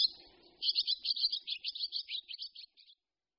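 Barn swallow twittering: a quick run of short, chirpy notes lasting about two and a half seconds, fading into a few softer chirps at the end.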